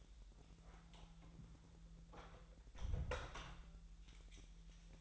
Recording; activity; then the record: daily activity, microphone in the room; close door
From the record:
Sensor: 3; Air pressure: 1001.4 hPa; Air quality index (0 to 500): 250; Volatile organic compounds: 157 ppm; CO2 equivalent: 4054 ppm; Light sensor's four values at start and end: 13/31/13/13 and 13/30/13/13